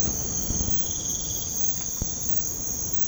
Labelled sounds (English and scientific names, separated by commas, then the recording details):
none
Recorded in pastures near Puerto Asís, Putumayo, Colombia, on 19 March 2025 at 00:00
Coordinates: 0.505, -76.324
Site GP08